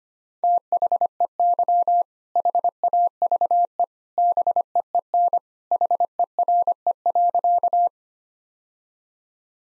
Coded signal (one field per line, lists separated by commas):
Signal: Morse code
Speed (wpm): 25 wpm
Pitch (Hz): 700 Hz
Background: none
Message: THEY HAVE BEEN HERE.